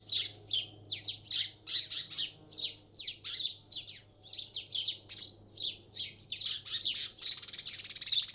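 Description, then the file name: House sparrow giving many bright, repeated chirps in a rapid run. "Passer domesticus"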